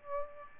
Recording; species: mosquito wingbeat signal from an infrared sensor; Aedes aegypti